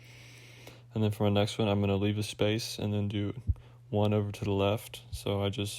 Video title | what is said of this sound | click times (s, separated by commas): Toyota 4Runner TRD Pro Grille 4th Gen (2006-2009)- Assembly Video | i'm just going to snap it into the top middle and all you do is just push it and it should snap and you should hear the click | 0.7 s